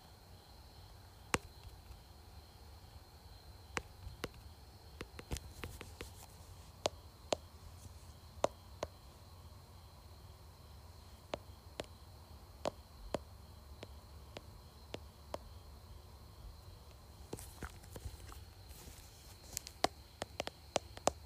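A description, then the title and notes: Fingertips and nails tap on a phone case and screen in short, sharp clicks, scattered irregularly with brief pauses and quicker clusters near the middle and end. A low steady rumble and a faint thin whine sit underneath throughout. ASMR Tapping Phone Case and Screen.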